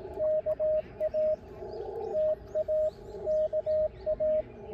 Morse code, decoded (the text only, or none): KA TA KA